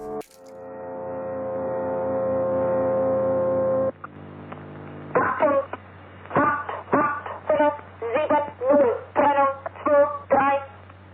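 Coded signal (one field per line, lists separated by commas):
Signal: numbers station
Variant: G03 "Der Gong", German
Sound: a steady droning tone, then about ten short, evenly spaced spoken words, like numbers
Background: faint radio hiss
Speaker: G03 number transmitter Recorded in 1989 by Peter H. Danger! 88570 - Separation! 23 76109 - Separation! 35 88570 = agent number 23 = number of number groups transmitted later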